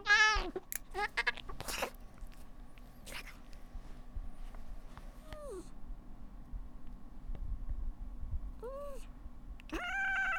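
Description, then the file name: Cat with a few short, quiet meows scattered between pauses, a louder one opening and closing the stretch, over faint background rustle and hum. Angry domestic cat, described as a mad cat. "temawas mad-cat"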